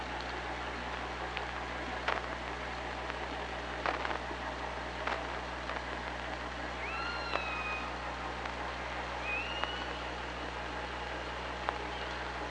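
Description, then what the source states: Orca calls, a few short whistled upswept and bending tones over constant underwater hiss, steady low hum and scattered clicks. Recorded by OrcaLab hydrophone, 24 August 2017 at 06:08.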